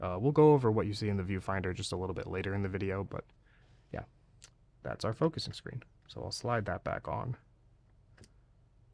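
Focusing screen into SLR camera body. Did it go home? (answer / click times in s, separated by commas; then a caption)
yes / 8.2 s. Someone talks while an interchangeable focusing screen is slid back onto its rails in a Canon F-1 SLR camera body. After the talking stops, the screen clicks into place with two faint, quick clicks at 8.2 s and 8.2 s, seating it properly.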